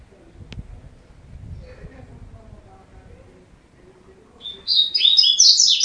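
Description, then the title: Double-collared seedeater: after a mostly quiet stretch with a single click, a loud, high, fast warbled phrase begins and runs to the end. "Canto Coleiro"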